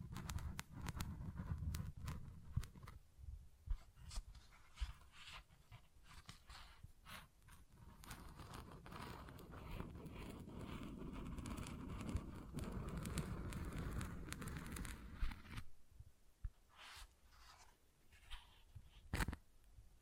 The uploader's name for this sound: Tingly Textures Tapping and Scratching